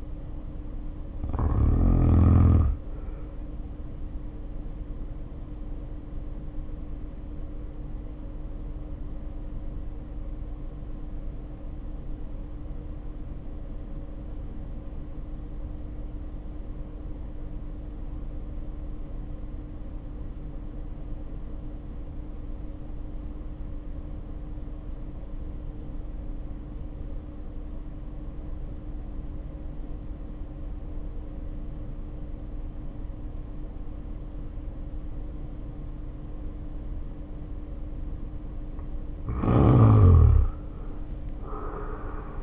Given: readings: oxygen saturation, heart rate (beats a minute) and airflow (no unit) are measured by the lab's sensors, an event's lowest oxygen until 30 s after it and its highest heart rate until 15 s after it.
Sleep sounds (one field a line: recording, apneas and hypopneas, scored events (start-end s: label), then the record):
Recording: breathing in sleep by a smartphone at the bedside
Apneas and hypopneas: 1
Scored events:
4.00-37.80 s: hypopnea (N1, oxygen 96% highest, then 73% lowest, heart rate 51 at the start, 70 highest)
14.00-42.43 s: new sleep stage, N2 (light sleep)
From the record:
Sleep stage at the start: N1 (lightest sleep)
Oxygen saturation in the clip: 75 to 96%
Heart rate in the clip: 50 to 64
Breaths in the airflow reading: 11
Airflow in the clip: -2.2 to 2.8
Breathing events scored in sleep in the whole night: 520 in 7.2 hours asleep